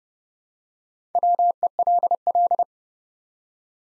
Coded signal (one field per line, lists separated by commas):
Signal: Morse code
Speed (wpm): 30 wpm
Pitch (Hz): 700 Hz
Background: none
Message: WELL